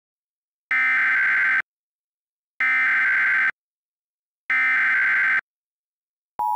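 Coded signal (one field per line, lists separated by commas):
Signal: Emergency Alert System (SAME) tones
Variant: header bursts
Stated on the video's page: Fictional mock EAS alert made as a collaboration.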